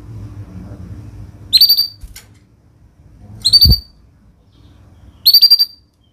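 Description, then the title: Canary producing three short high chirped bursts about two seconds apart, with a faint low hum. Vigorous singing canary (gacor) praised for the best cengkok phrasing and rich isian fill-in notes; Indonesian songbird-keeping (kicaumania) context. "Kenari Gacor Cengkok Terbaik Isian Paling Mewah Kenarigacor Kicaumania Kenari"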